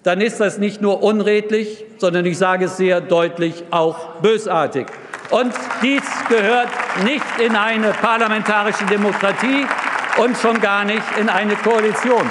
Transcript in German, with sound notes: dann ist das nicht nur unredlich, sondern – ich sage es sehr deutlich – auch bösartig. (Beifall bei der SPD) Dies gehört nicht in eine parlamentarische Demokratie und schon gar nicht in eine Koalition.